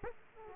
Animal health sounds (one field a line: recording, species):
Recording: mosquito wingbeat signal from an infrared sensor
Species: Aedes aegypti